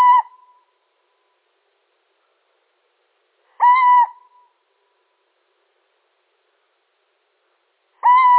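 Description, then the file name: Little owl uttering three short, steady hoots spaced several seconds apart, each trailing off briefly, with nothing else audible. Male. "Sycek obecny samec"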